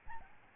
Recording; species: mosquito wingbeat signal from an infrared sensor; Aedes albopictus